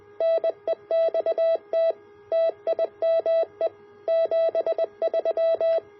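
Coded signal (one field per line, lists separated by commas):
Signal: Morse code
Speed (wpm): 20 wpm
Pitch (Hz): 660 Hz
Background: none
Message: NEXT TIME 73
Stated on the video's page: Morse practice oscillator built as a simple multivibrator, homebrew with point-to-point wiring.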